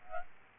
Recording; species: mosquito wingbeat signal from an infrared sensor; Aedes albopictus